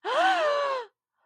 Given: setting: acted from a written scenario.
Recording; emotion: vocal sound without words; distress